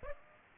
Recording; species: mosquito wingbeat signal from an infrared sensor; Aedes aegypti